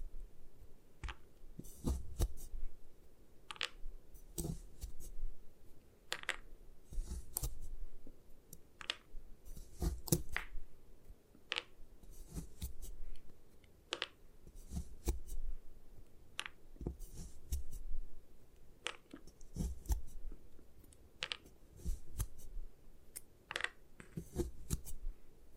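Gym chalk is crushed and broken apart in a run of sharp, crisp crunches and snaps, landing irregularly about once every second or two across the whole span. Between the cracks, a low, soft rumble and faint gritty scraping continue.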